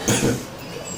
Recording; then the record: coughing mixed with background sound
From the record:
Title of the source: Spring Cold Coughing.